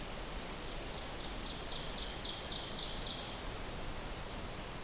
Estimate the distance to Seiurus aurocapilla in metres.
about 70 m